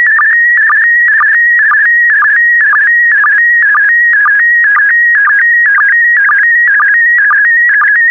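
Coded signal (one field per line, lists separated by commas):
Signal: SSTV (slow-scan television)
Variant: PD120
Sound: warbling whistle near 2 kHz with a short low blip about twice per second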